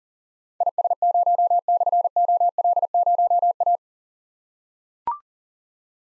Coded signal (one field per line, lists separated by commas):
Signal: Morse code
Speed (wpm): 38 wpm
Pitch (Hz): 700 Hz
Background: none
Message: IS0/OL0A